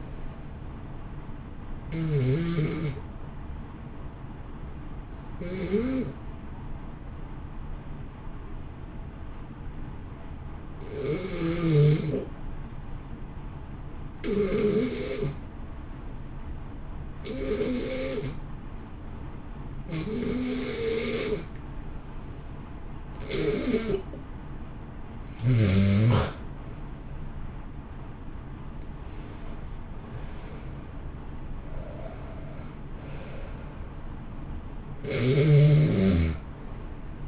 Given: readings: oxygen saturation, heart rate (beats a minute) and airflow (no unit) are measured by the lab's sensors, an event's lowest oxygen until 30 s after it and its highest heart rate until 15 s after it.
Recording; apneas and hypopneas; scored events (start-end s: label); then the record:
breathing in sleep by a smartphone at the bedside; 1
6.00-26.90 s: hypopnea (N1, oxygen 94% highest, then 87% lowest, heart rate 56 at the start, 69 highest)
10.00-37.28 s: new sleep stage, N2 (light sleep)
From the record:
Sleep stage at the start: N1 (lightest sleep); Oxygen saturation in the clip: 87 to 94%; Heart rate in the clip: 56 to 69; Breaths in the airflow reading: 10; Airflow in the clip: -1.5 to 2.0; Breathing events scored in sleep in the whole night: 328 in 6.3 hours asleep